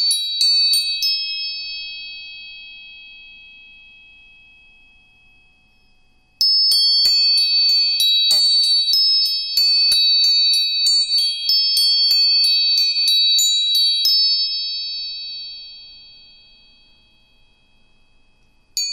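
A tuning fork is struck and left to ring, a pure, high steady tone with a bright shimmer that slowly fades over several seconds. Around six seconds it is struck again with a cluster of quick taps, then rings on and decays, with another strike at the end.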